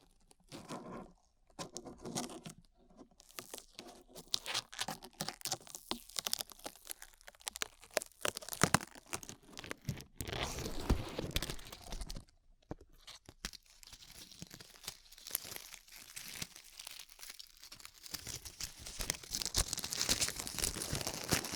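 Glue being peeled away in a run of sticky, crackling tears and soft crinkles, with short pauses near the start and again around twelve seconds. The second half turns denser and steadier, a continuous bright rasp with little break.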